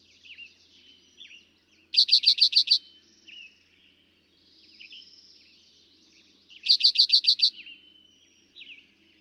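Eastern towhee song: a quick ringing trill of about seven notes, given twice roughly five seconds apart, with faint chirps between.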